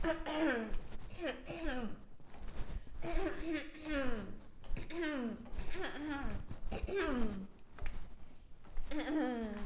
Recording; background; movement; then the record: throat clearing; quiet; walking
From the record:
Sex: female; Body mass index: 18.3 kg/m2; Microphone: on the chest, facing outward